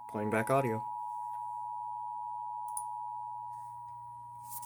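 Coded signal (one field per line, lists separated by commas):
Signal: Emergency Alert System (SAME) tones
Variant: 853 and 960 Hz attention tone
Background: speech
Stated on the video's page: Homemade EAS code from a prototype decoder built in class.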